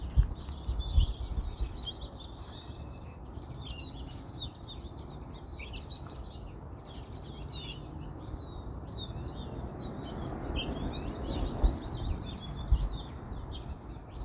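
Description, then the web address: Birds singing in a busy chorus of twittering, chirping phrases, overlapping and continuous, over a steady low rumble. "Zhao Yuhao Birdsong"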